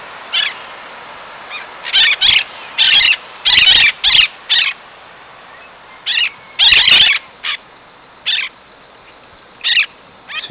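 Bird giving loud harsh raspy notes in quick irregular series, some long and rasping, with a steady high-pitched hiss behind.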